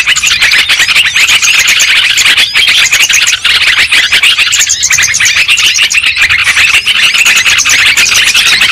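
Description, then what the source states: Lovebirds calling together, rapid high twitters and squeaky notes blending into an unbroken, intense chatter. Lovebird calls used as a lure sound for trapping birds.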